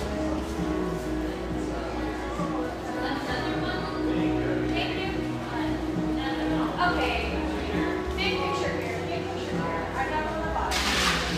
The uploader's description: industrial-aesthetic cafe in Portland's pictureesque Grant Park neighborhood